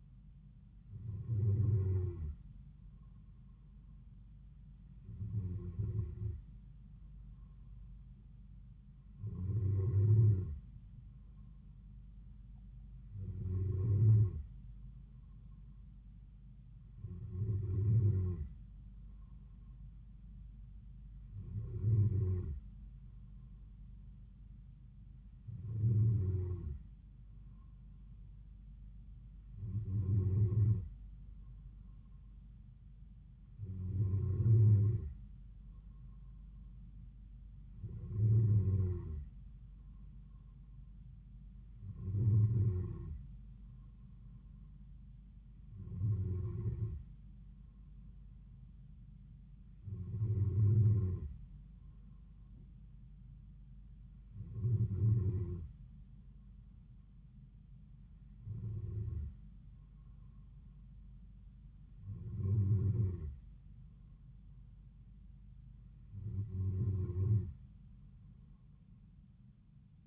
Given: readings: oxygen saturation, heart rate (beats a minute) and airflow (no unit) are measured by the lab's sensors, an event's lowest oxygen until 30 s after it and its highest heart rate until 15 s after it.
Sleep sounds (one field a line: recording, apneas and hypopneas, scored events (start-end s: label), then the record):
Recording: breathing in sleep by a smartphone at the bedside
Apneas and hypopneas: none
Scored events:
none scored
From the record:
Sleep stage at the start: N2 (light sleep)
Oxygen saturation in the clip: 93 to 94%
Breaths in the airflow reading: 17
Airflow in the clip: -3.8 to 3.2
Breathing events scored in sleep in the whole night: 270 in 6.1 hours asleep